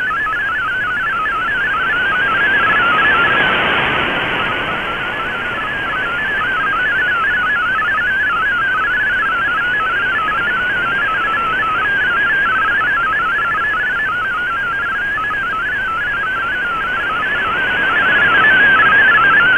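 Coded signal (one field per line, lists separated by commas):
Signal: multi-tone FSK (Olivia or MFSK type)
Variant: MFSK32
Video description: Here is my decode of the Shortwave Radiogram broadcast today on 11580Khz shortwave radio at 2300UTC in MFSK32 and with 5 SSTV images.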